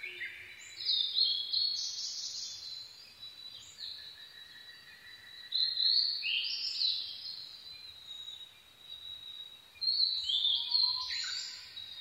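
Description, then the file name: Blue-and-white flycatcher delivering three high whistled phrases about four to five seconds apart, with sliding notes. Recorded 22 May 2011 at 04:34. "ooruri-20110522-0434"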